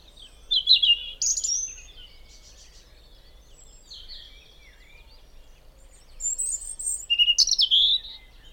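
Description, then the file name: European robin singing two short phrases of high, thin, tumbling notes, separated by a long pause with a few faint notes, over a quiet background. "Erithacus rubecula"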